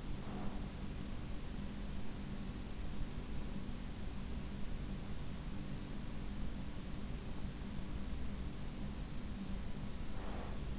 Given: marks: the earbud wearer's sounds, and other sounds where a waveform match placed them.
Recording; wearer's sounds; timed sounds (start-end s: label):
sounds in sleep by an in-ear microphone; breath
0.00-0.71 s: breath
9.86-10.79 s: breath